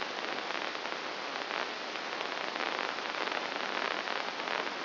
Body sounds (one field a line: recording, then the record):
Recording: brain microelectrode recording played as sound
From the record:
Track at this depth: inside the subthalamic nucleus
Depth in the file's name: 3.502 mm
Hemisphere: left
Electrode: 2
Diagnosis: Parkinson's disease